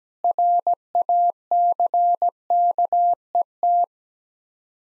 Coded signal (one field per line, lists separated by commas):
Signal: Morse code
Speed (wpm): 17 wpm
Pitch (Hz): 700 Hz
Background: none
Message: RACKET